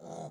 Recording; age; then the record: pig call; piglet (1 to 25 days)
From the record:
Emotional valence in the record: negative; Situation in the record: long isolation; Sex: male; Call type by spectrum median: low-frequency call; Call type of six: low-frequency stable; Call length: 0.31 s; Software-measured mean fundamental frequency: 77 Hz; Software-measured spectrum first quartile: 307 Hz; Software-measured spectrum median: 587 Hz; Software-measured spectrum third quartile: 910 Hz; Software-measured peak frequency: 677 Hz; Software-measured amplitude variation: 119 dB a second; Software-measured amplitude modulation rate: 27.5 a second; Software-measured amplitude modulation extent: 4.3 dB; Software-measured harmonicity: 2.3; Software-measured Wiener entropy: -0.18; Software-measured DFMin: 1019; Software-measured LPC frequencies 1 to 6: 664, 3538, 3985, 6096, 6772, 7689 Hz